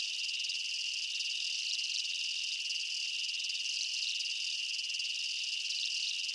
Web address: Blastwave INSECTS Amb Night Jungle BU. ambience insects chirps night jungle bugs